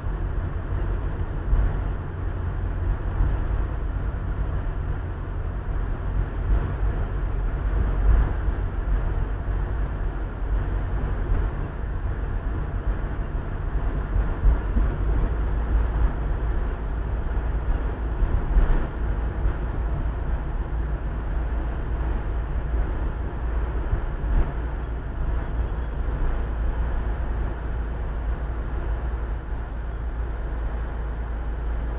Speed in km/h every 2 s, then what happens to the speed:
26, 25, 25, 25, 26, 26, 26, 26, 25, 24, 22, 21, 17, 12, 11, 5.
0-21 steady at about 25. 21-32 slows to 5.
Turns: none.